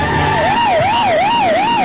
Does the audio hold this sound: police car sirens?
yes